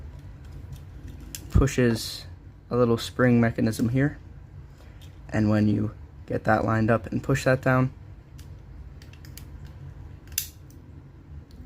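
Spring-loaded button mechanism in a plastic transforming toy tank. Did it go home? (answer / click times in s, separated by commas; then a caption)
released / 10.4 s. Someone talks while lining up a part of a plastic transforming toy tank and pushing it down onto the small spring-loaded mechanism behind a button, with a few faint light ticks as it is handled. At 10.4 s a sharp click rings out as the spring mechanism trips and goes off, releasing.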